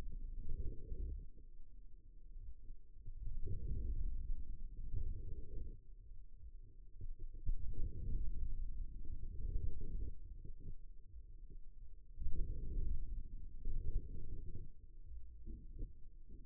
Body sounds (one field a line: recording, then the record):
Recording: forearm muscle sounds (acoustic myography)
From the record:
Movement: outward rotation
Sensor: system 2, bracelet of six BSWA MPA416 microphones around the upper forearm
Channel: 3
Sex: male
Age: 22 years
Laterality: right